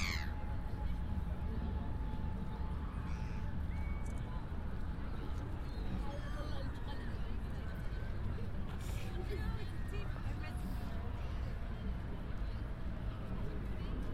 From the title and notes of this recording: A binaural field recording in Hyde Park, walking from just outside the Serpentine to the winter carnival.